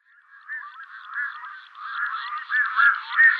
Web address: Schulze Peter Red-throated Diver display